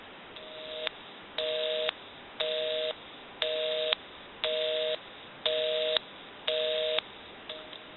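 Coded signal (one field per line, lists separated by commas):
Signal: telephone call progress tone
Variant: North America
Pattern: busy tone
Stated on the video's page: Tones from a General Electric 6.0 cordless telephone during initial checkout and repair.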